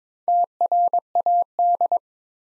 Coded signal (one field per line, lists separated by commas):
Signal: Morse code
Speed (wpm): 22 wpm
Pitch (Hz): 700 Hz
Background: none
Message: TRAD